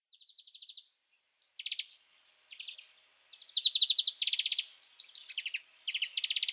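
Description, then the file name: European greenfinch giving short rattling trills in bursts, separated by brief gaps at first, then strung together faster and louder toward the end. "Chloris chloris"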